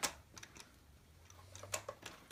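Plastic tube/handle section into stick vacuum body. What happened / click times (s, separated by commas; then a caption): Plastic parts handled, not yet seated / none. A plastic tube and handle section is being fitted and pushed into the body of a Home & CO 2 in 1 corded stick vacuum during assembly. Faint plastic handling noises and a few short, sharp ticks are heard against a low hum. Nothing has seated or clicked into place yet.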